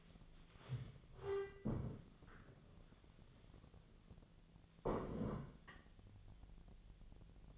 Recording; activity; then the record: daily activity, microphone in the room; stand up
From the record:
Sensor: 4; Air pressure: 1001.3 hPa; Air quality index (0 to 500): 183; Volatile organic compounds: 2 ppm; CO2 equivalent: 1308 ppm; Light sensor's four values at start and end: 14/33/13/14 and 14/33/13/14